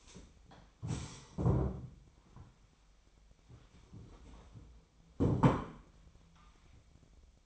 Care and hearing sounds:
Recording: daily activity, microphone in the room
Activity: stand up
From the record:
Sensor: 1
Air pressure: 1007.9 hPa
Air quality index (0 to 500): 192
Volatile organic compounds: 18 ppm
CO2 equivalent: 2602 ppm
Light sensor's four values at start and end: 13/33/13/14 and 13/32/13/14

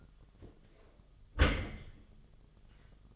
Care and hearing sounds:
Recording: daily activity, microphone in the room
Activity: close dishwasher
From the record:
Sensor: 4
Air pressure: 1005.6 hPa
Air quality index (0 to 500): 109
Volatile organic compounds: 3 ppm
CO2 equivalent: 1361 ppm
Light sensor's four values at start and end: 11/25/10/10 and 12/26/10/10

